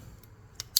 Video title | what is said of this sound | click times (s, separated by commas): Glock Cleaning Full Disassemble Video #goodluckamerica #topgunofmaine | and then the cap will slide right up, and you'll hear it snap, and that's locked in now. | 0.8 s